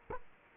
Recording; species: mosquito wingbeat signal from an infrared sensor; Culex quinquefasciatus